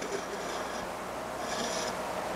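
A piston is being handled to lock into place on a light gas gun after a pellet has been loaded. A steady, broadband rasping and rubbing noise runs throughout, with brighter hissy stretches around 0.0–0.8 s and 1.4–1.9 s. Nothing has seated or clicked yet; the piston is not yet home.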